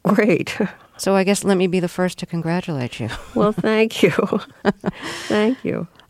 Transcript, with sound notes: So I guess let me be the first to congratulate you (laughter).
Well, thank you. Thank you.